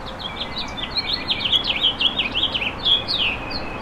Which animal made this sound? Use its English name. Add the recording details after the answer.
House Finch. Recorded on Long Island, New York, on 10 June 2012. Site GW. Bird C